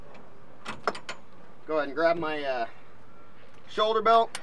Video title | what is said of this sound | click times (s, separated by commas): How to get into a Skip Barber Mazda MX-5 race car walkaround Video | And you want to hear that nice click. That means that seatbelt's in there. | 0.9 s